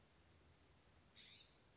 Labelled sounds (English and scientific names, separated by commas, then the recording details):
California Scrub-Jay (Aphelocoma californica)
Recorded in Sonoma County, California